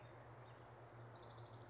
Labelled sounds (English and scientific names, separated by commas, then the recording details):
Orange-crowned Warbler (Leiothlypis celata)
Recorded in Sonoma County, California